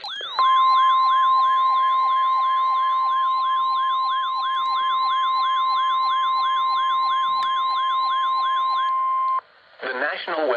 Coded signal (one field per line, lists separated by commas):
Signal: Emergency Alert System (SAME) tones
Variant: 1050 Hz attention tone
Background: speech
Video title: EAS Alerts From 6/18/26: A Compilation (EAS 1220-1231)